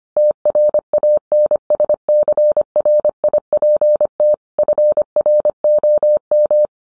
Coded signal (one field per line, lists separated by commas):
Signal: Morse code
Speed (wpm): 25 wpm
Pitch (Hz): 600 Hz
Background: none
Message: TRANSCRIPT FROM